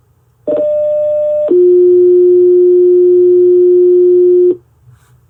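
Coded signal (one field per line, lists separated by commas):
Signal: two-tone page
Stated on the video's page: Paging tones sent from a RediTALK-Flex radio dispatch console: manual, group, stack and all-call pages, with alert tone.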